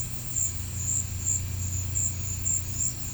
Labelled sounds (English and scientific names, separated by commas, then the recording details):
none
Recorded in pastures near Puerto Asís, Putumayo, Colombia, on 15 December 2024 at 15:30
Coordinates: 0.505, -76.324
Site G063